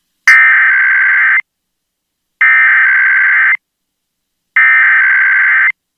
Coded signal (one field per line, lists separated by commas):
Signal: Emergency Alert System (SAME) tones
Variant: header bursts